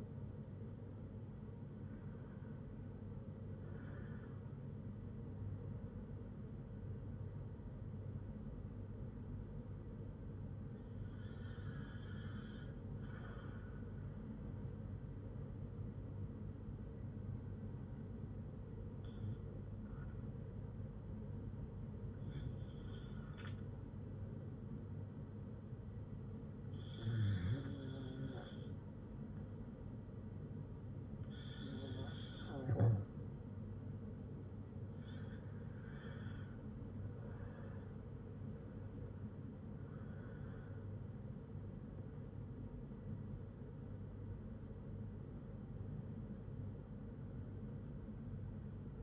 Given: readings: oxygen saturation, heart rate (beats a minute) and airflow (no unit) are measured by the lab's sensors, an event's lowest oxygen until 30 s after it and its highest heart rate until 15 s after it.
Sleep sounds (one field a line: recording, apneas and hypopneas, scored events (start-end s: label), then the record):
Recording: breathing in sleep by a smartphone at the bedside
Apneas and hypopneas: 1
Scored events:
15.00-38.10 s: hypopnea (REM, oxygen 98% highest, then 95% lowest, heart rate 57 at the start, 76 highest)
From the record:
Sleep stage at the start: REM sleep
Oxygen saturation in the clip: 93 to 98%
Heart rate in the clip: 57 to 76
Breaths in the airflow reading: 9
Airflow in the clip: -5.1 to 4.9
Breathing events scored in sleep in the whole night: 182 in 7.4 hours asleep